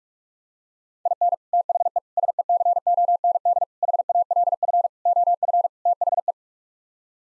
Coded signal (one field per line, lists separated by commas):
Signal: Morse code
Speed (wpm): 46 wpm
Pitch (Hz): 700 Hz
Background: none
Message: IN THE SECOND HALF OF THE